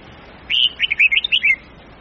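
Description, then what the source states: Red-whiskered bulbul song: one quick phrase of several bright, slurred whistled notes, rising and falling, lasting about a second. Huế strain bulbul, long song with 9 to 12 notes, changing its phrases continuously.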